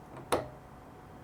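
A metal fork cap is turned backwards on a GSX-R motorcycle fork tube until its thread start drops into the tube thread under the weight pulling down on it. A single sharp clunk sounds at 0.3 s over a quiet background. It shows the threads are aligned and seated, ready for tightening.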